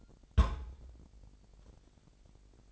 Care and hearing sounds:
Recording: daily activity, microphone in the room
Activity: place on stove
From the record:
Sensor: 5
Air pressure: 999.4 hPa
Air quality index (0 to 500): 223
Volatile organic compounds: 21 ppm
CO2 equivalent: 2724 ppm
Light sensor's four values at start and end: 30/68/28/28 and 32/72/29/29

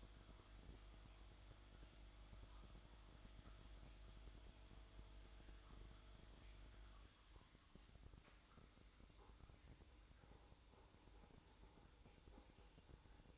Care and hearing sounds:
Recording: daily activity, microphone in the room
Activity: make coffee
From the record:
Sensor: 3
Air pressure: 1007.3 hPa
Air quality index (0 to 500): 59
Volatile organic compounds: 1 ppm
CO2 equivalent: 606 ppm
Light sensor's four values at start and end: 8/18/7/8 and 8/18/7/7

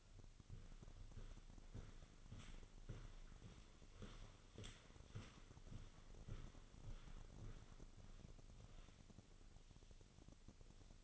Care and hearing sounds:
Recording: daily activity, microphone in the room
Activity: walk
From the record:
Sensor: 4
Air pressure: 1010.1 hPa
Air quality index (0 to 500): 173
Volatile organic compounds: 2 ppm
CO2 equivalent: 1256 ppm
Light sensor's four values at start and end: 54/134/56/62 and 53/132/55/61

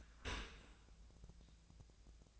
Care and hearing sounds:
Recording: daily activity, microphone in the room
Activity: open dishwasher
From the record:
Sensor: 2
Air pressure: 1000.4 hPa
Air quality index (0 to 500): 167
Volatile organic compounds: 3 ppm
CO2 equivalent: 1387 ppm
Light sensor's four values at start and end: 11/31/12/14 and 11/31/12/14

